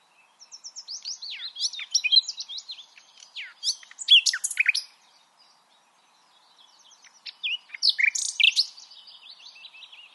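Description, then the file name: Common nightingale delivering long, varied phrases of rising and falling whistles, clicks and chirps, briefly pausing before another lively, jumbled phrase. "Luscinia megarhynchos"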